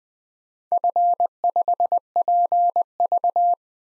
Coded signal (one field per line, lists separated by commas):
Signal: Morse code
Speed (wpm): 20 wpm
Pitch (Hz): 700 Hz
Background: none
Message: F5PV